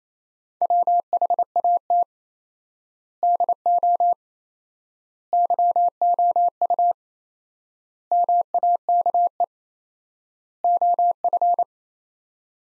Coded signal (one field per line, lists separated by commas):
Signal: Morse code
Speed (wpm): 28 wpm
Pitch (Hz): 700 Hz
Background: none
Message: WHAT DO YOU MAKE OF